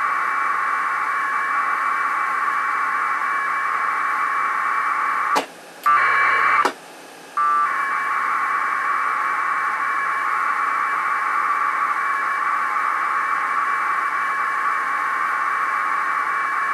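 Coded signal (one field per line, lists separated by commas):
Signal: packet radio (AX.25, as in APRS)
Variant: 1200 baud AFSK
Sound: continuous warbling two-tone data screech with two short clicky breaks midway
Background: radio static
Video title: HTTP over IP over AX.25 Packet Radio at 1200 Baud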